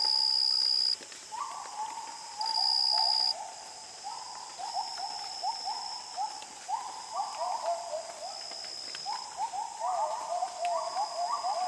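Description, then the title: Gibbon calls: repeated rising whooping notes in overlapping series, over steady high buzzing insects with brief louder insect bursts. Gibbons at dawn in the jungles of Borneo, in a calm dawn chorus with insects and soft fog drip. "Borneo Rainforest - Dawn - Gibbons"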